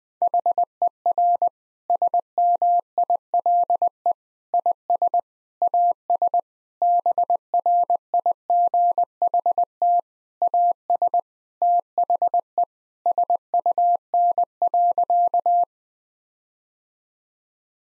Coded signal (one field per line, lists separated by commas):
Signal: Morse code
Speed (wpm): 20 wpm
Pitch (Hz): 700 Hz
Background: none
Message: HER SMILE IS AS BRIGHT AS THE SUN.